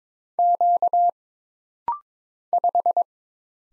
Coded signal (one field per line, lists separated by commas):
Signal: Morse code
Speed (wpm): 22 wpm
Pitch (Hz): 700 Hz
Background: none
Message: Q 5